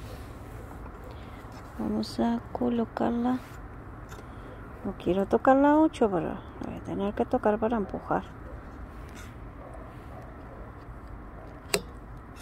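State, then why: Seated. A new rear brake light bulb for a 2011–2017 Honda Odyssey is pushed into its plastic lamp socket while someone talks. A single sharp click at 11.7 s marks the bulb seating and staying in place.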